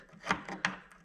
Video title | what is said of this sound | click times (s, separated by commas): "Grinding Noise" Honda Mower | it clicks into the groove. There we go. | 0.6 s